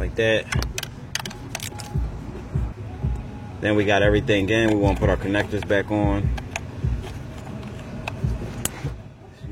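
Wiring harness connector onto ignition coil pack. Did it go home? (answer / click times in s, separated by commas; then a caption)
yes / 8.6 s. A wiring harness electrical connector is pushed back onto an engine ignition coil pack after the parts are reinstalled, while someone talks and several short sharp ticks are heard. The connector clicks in at 8.7 s, showing it is fully seated.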